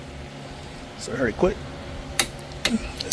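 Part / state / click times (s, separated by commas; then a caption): torque wrench on wheel bearing hub fastener / torque reached / 2.2 s. A torque wrench set to 92 ft-lb tightens the front wheel bearing hub nut/bolt on a 2004 Nissan Murano while someone talks over a low steady hum. The wrench gives a sharp click at 2.2 s, showing the fastener has reached its torque setting, and more short, sharp sounds follow at about 2.6 s, 3.0 s and 3.1 s.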